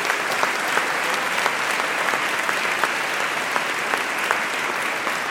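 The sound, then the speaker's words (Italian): Steady audience applause welcoming a choir of about twenty members fills the whole stretch, a dense wash of many hands clapping at an even, sustained level with scattered sharper claps poking through. “Li accogliamo con applausi.”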